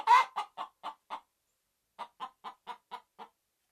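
Red junglefowl clucks, softer, in two short runs of evenly spaced notes with a pause between, the first note slightly louder.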